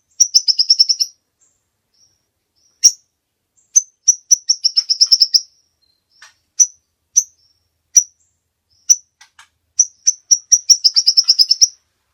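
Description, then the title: Songbird giving rapid high trills of many short notes, separated by lone sharp chips and pauses of a second or two. Master recording for training songbirds. "Master Burung Jos"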